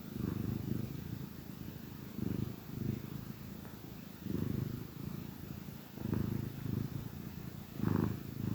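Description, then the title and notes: Cat purring, low rumbling bursts with quiet gaps between. Gentle purrs of a contented cat. "Cat Cafe Purr-Finale. the gentle purrs of a contented cat"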